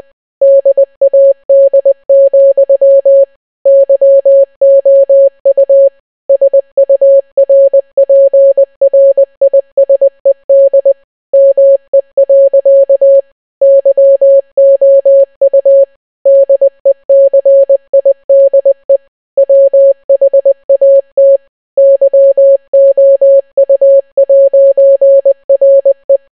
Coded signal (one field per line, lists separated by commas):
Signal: Morse code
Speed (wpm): 20 wpm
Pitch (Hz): 550 Hz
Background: none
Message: DAD, YOU SURPRISED ME. YOU DECIDE WHAT YOU'RE